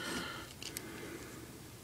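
After an earlier failed try, the two plastic arms of a Transformers Reveal The Shield Wreck-Gar figure are pushed together again, one arm into the other. Small, sharp clicks sound at 0.6 s and 0.8 s over a low, breathy background, and the arms clip together and seat.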